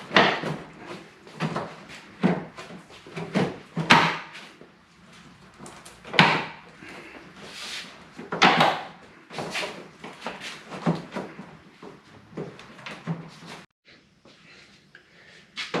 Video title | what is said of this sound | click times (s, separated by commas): 2017 Acura NSX Dual Clutch Transmission Fluid Change | All right, so we got the diffuser snapped in place. | 0.2 s, 3.9 s, 6.2 s, 8.4 s, 10.3 s, 15.7 s